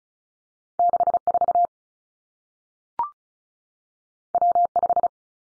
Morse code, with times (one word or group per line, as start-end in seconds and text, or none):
0.8-1.2 6
1.3-1.7 4
4.3-4.7 W
4.8-5.1 5